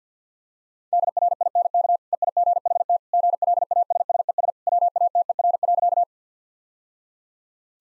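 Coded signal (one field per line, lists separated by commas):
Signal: Morse code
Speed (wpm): 50 wpm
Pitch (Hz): 700 Hz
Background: none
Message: DRINK EIGHT GLASSES WATER.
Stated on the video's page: Morse practice of easy sentences with contextual hints at 50 wpm.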